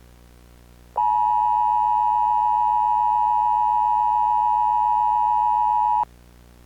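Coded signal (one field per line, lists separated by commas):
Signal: Emergency Alert System (SAME) tones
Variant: 853 and 960 Hz attention tone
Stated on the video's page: Fictional found-footage recreation of a national emergency broadcast, not a real alert.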